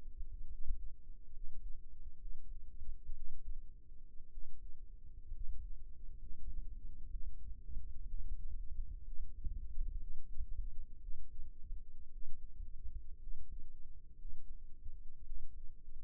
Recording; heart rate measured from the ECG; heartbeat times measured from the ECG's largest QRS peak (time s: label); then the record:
heart sounds by microphone in the right ear; 61 bpm
0.48 s: heartbeat
1.31 s: heartbeat
2.18 s: heartbeat
3.14 s: heartbeat
4.30 s: heartbeat
5.31 s: heartbeat
6.17 s: heartbeat
7.09 s: heartbeat
8.06 s: heartbeat
9.04 s: heartbeat
9.97 s: heartbeat
10.99 s: heartbeat
12.09 s: heartbeat
13.19 s: heartbeat
14.17 s: heartbeat
15.23 s: heartbeat
From the record:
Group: healthy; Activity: rest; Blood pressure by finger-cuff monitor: 84/54 mmHg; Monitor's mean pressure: 66 mmHg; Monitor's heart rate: 61 bpm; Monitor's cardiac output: 6.1 L/min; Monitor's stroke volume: 94 mL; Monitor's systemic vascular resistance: 770 dyn s/cm5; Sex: male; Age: 22 years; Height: 181 cm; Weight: 79 kg